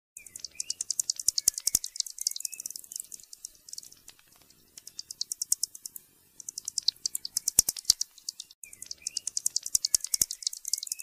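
Pipistrelle bat calls heard as rapid trains of ticking pulses in several bursts, with a few faint chirping tones in between.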